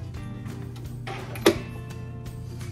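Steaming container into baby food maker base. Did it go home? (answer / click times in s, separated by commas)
yes / 1.5 s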